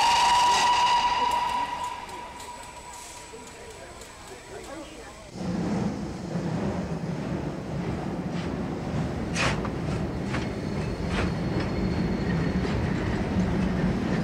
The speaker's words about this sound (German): Express nach Edinburgh über Cambridge, Lincoln, Doncaster, York und Newcastle. Bitte einsteigen und die Türen schließen. Der Zug fährt ab.